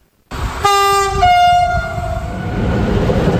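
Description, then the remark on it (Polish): A PKP Intercity train's horn sounds two long tonal blasts, the second dropping lower in pitch, over the steady loud rumble of the train rolling past with no one speaking. “PKP Intercity zmienia trasę pociągu o dumnej nazwie Porta Morawica.”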